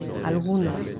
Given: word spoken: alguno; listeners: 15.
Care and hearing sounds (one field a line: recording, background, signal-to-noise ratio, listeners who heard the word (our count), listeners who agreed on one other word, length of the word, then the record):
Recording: one Spanish word in noise, from a listening test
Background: eight-talker babble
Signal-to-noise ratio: 6.8 dB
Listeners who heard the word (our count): 5 of 15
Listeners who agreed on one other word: 10 of 15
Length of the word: 0.60 s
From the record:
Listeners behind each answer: 10, 5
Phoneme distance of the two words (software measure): 7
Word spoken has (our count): 3 syllables, 6 phonemes, stress on syllable 2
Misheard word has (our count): 3 syllables, 7 phonemes, stress on syllable 2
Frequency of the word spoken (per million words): 76.77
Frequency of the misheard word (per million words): 498.87